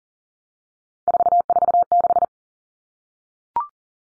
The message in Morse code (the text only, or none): 446